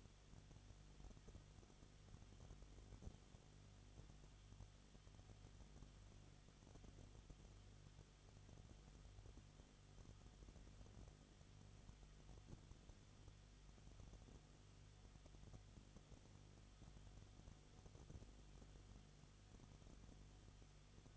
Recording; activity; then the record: daily activity, microphone in the room; no activity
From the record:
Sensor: 4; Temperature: 22.7 degrees Celsius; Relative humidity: 31.7%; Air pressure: 995.4 hPa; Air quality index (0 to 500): 158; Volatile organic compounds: 2 ppm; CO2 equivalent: 1254 ppm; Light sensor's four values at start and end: 2/3/1/1 and 2/3/1/1